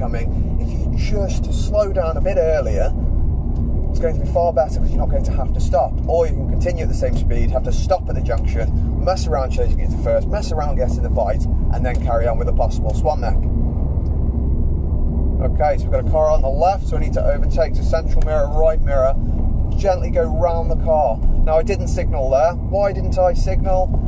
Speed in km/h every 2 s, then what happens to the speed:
31, 32, 31, 32, 32, 32, 34, 34, 32, 32, 31, 32.
0-24 steady at about 32.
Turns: none.